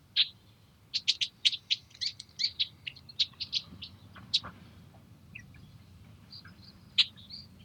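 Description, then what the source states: Red-winged blackbirds giving a rapid series of sharp chip notes, then a few sparser, fainter chips, over a low wind rumble. Nesting in cattails near a house, wary of the microphone; Montana, morning of April 21, 2022, after fresh snow; brief wind gusts; Rode NTG-2 shotgun mic on boom pole, Zoom H4N.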